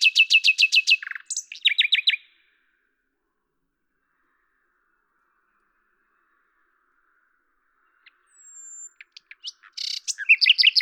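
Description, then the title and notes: Common nightingale song: a rapid rattling trill of repeated notes, a brief varied phrase, a long pause of silence, then a thin whistle and another fast repeated-note burst. Recorded at Lavours, France, on 10 May 1998 with a Tascam DAP-1 recorder and Telinga microphone, edited in Samplitude 5.1. "rossignol à LAVOURS. D83, 01350 Lavours, France. 10/05/1998"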